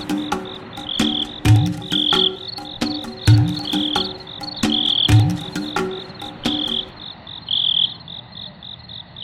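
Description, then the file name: Cricket chirps, high pulsed trills repeating throughout, mixed with three loud low croaking calls about two seconds apart and sharp clicks. Cricket chirping presented for relaxation and falling asleep. "orte der entspannung grillen einschlafen"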